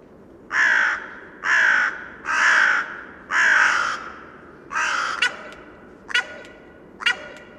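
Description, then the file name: Carrion crow giving a series of harsh caws, about one a second, the first four long and rasping, the later ones shorter with sharp clicking notes. "Corvus corone"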